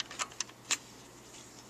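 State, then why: Seated. A plastic internal piece of a Recon toy foam-dart blaster is pressed back into its slot in the blaster's shell, with a few short ticks of handling around it. The piece clicks into place with a small, sharp click at 0.4 s, followed by another brief tick near 0.7 s and then quiet background.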